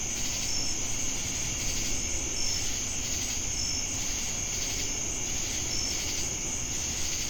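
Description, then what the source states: Crickets keep up an unbroken shrill trill, punctuated by a few quick bright chirps, over a pulsing insect drone and faint low hum. Crickets with cicadas, Jamestown, North Carolina, USA, 10 August 2018.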